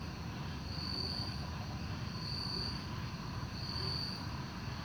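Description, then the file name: Crickets in chorus, a high shimmering trill that swells in pulses, over a continuous low traffic rumble. Chorus of crickets at night in a park, with cars passing. "Coro de grilos no parque beija flor a noite com carros passando"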